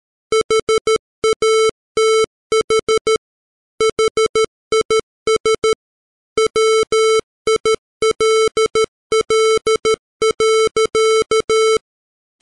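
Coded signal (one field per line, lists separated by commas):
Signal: Morse code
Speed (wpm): 13 wpm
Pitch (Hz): 440 Hz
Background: music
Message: HATH HIS WILL.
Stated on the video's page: Morse text sent at 13 wpm, generated by PC software as a 440 Hz square wave at 44100 samples per second, 16-bit.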